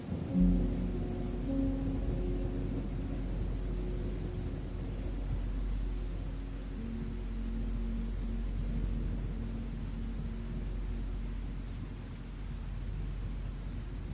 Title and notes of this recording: Music with THUNDER. Music with the sounds of storms